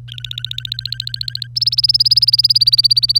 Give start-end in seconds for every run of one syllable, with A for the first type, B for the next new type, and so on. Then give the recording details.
0.08-1.47 A, 1.56-3.19 B. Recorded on 25 April 2018 at 09:52. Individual llb3